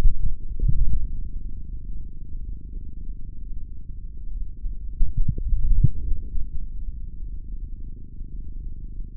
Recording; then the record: forearm muscle sounds (acoustic myography)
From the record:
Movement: index flexion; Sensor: system 3, bracelet of six PUI Audio POM-2738L microphones around the upper forearm, with dedicated amplification and filtering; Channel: 6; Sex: male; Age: 26 years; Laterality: right